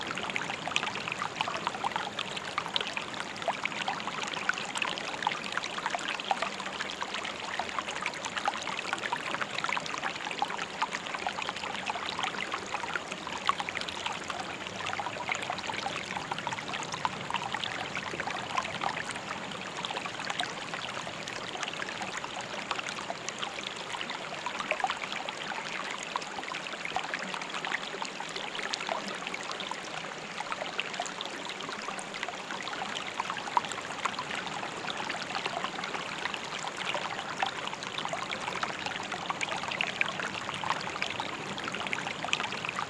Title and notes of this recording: Calming Meditation Music with River Sounds. The peaceful sound of a stream deep in the woods quietly rushing by as the calming sound of ambient meditation music swirls in the background